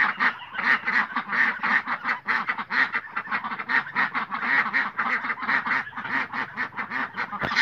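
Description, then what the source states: Domestic ducks giving loud harsh quacks, many birds calling over one another in quick bursts, rising and falling in waves of noisy chatter. A flock of ducks calling.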